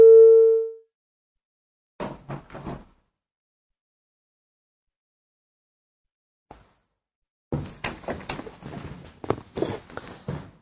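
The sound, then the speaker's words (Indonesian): A single loud, steady electronic telephone ring tone sounds briefly as a caller phones in to a call-in program and the call is answered, followed by silence and then bursts of crackly, rustling line noise. “Ada penelpon yang masuk, kita angkat.”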